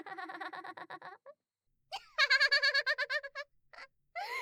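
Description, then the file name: Duck quacking: a fast series of nasal, harmonic notes, a brief pause, then a louder rapid burst and a few scattered calls. Wild duck in autumn, the call described as laughing. "秋野鸭子笑"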